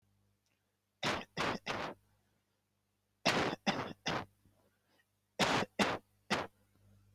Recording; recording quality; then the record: shallow voluntary cough; moderate, slight background noise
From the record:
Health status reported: exposed to COVID-19, no respiratory illness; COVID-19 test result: not tested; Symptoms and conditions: none ticked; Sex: male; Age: 22 years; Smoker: not ticked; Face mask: not worn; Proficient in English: yes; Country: India